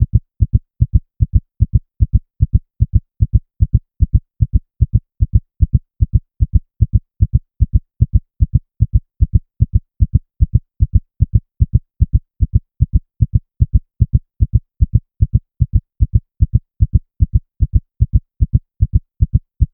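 Fast, steady low thumps repeat evenly at about 150 beats a minute, with no background noise. This is a rapid heartbeat (tachycardia), a heart rate well above the usual resting range.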